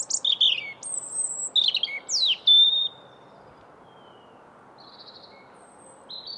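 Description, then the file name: European robin with a burst of high piercing notes and a sharp downward slur into a whistle, then quiet with faint high chirps. "Erithacus rubecula"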